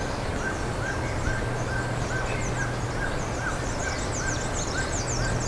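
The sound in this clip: Bird calls, soft repeated notes at a middle pitch with scattered high chirps, heard over a constant low hum.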